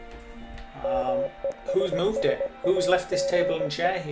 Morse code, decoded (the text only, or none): MESSAGE